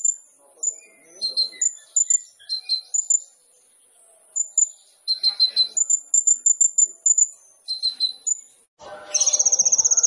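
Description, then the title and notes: Sunbird song: scattered thin, high chirps in loose clusters, ending in a sudden rapid buzzing trill. Indonesian masteran training recording with full isian (fill phrases) and tembakan (shot phrases); kolibri ninja singing gacor (vigorously); meant as pancingan to provoke other birds into singing. "MASTERAN KOLIBRI NINJA TERBAIK FULL ISIAN DAN TEMBAKAN MEWAH COCOK BUAT PANCINGAN. Suara Burung Kolibri Ninja Gacor"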